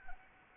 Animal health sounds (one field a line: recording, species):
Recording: mosquito wingbeat signal from an infrared sensor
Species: Anopheles arabiensis